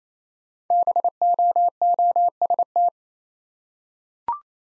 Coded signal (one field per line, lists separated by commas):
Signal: Morse code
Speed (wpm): 29 wpm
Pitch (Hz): 700 Hz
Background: none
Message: BOOST